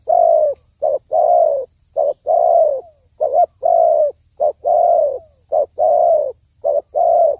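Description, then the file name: Spotted dove cooing in a regular pattern of brief coos and longer smooth notes, roughly one phrase a second. "tieng cu dat gay"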